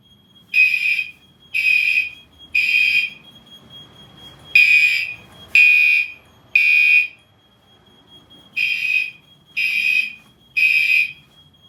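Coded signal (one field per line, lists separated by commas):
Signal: alarm pattern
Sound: harsh buzzing horn sounding three short blasts, pause, repeated three times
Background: faint steady whine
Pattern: temporal three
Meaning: Temporal-3 signals building evacuation for fire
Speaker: are in sync and doing temporal 3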